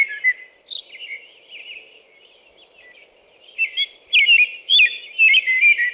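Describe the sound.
American robin, soft muted whistles first, then louder caroling phrases toward the end.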